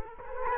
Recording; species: mosquito wingbeat signal from an infrared sensor; Culex quinquefasciatus